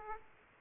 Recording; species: mosquito wingbeat signal from an infrared sensor; Aedes aegypti